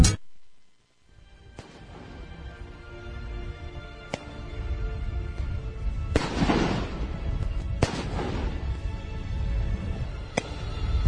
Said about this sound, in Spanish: Una bomba. Tiro mal el pato. Cuando sentimos fueran las explosiones detrás de nosotros, nos aventaban gases y esas bombas granadas explosivas.